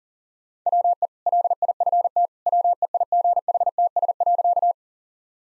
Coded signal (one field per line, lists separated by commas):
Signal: Morse code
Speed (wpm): 40 wpm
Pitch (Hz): 700 Hz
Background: none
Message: WE LIFT WEIGHTS.